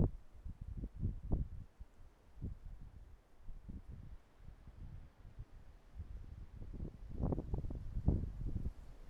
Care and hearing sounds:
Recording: everyday scene through a hearing-aid microphone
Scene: wind on the microphone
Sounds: wind, traffic, birds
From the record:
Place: suburban garden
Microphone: behind the ear, right, front

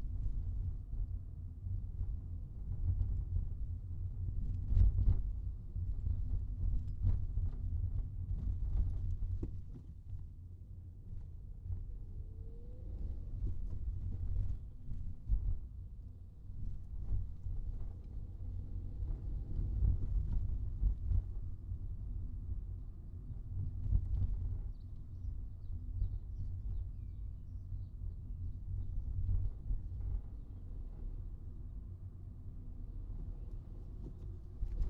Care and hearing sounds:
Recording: everyday scene through a hearing-aid microphone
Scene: in a vehicle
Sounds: engine, highway traffic jam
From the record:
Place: Skoda Fabia, gasoline engine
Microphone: in the ear canal, right

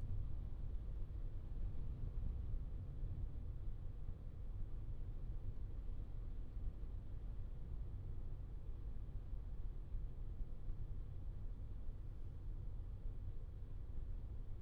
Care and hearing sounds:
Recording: everyday scene through a hearing-aid microphone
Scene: in a vehicle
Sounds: engine, traffic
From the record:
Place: Skoda Fabia, gasoline engine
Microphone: in the ear canal, left

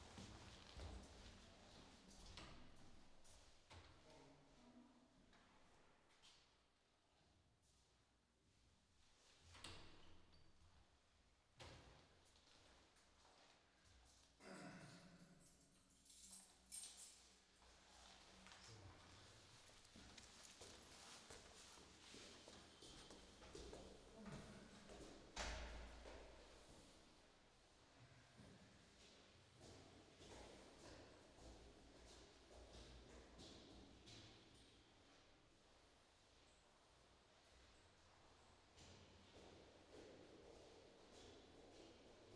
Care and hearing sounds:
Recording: everyday scene through a hearing-aid microphone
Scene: reverberant space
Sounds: background noise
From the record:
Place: staircase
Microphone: in the ear canal, left

